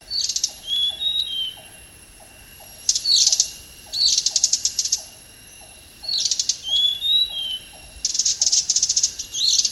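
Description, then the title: Hanging parrot calls: rapid scratchy high-pitched bursts alternating with brief sharp whistles. Faint low ticking notes repeat beneath, with a constant thin high tone throughout. "SERINDIT"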